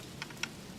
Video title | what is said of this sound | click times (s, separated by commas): Rattlebox Instructional Video | You hear them snap, hear it snap. | 0.2 s, 0.4 s